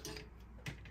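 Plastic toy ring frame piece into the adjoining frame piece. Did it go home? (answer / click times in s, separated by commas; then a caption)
no / none. A plastic frame piece of a large Mattel Creations WWE Ultimate Edition Attitude Era "RAW is WAR" Elite Scale toy wrestling ring is being pushed toward the adjoining frame piece. Brief plastic handling taps and rubs are heard, with the strongest knock around 0.7 s. The piece has not snapped home; nothing has seated or clicked yet.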